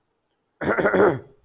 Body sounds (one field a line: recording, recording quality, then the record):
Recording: shallow voluntary cough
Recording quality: excellent, no background noise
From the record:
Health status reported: respiratory illness, not identified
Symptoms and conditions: none ticked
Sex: male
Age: 21 years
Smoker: not ticked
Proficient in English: yes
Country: India